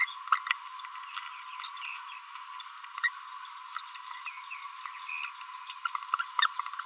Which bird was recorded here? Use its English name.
Green-rumped Parrotlet